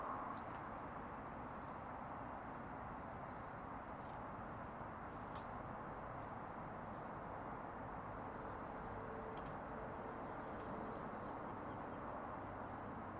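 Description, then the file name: Eurasian blue tit calling with very high, brief, thin notes, given singly and in small clusters throughout, against a constant low hiss. "Cyanistes caeruleus"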